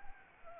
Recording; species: mosquito wingbeat signal from an infrared sensor; Anopheles arabiensis